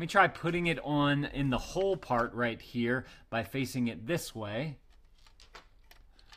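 A plastic toy brick, turned to face a certain way, is tried against the top area of a kids' mug while someone talks. After the talking stops, only a few faint ticks follow from about 5.3 to 6.2 s. The brick fails to attach at the mug rim, and nothing has seated or clicked yet.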